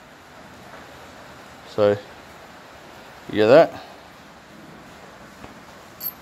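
A flat valve spring seat (washer) is dropped flat side down into an RB25DET cylinder head around the valve guide, and it does not sit down properly. Someone talks in two short bursts around 1.8 s and 3.5 s over a quiet background, with a faint tick near 6.1 s. Nothing has seated or clicked yet.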